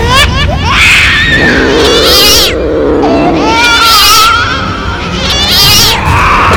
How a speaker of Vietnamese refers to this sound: Lúc này tiếng trẻ con khóc hòa với tiếng kêu của Hắc Bảo thành một thứ âm thanh rền rĩ đáng sợ.